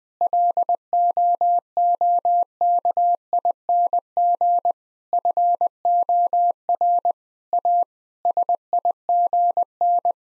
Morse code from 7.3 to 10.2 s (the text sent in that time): A SIGN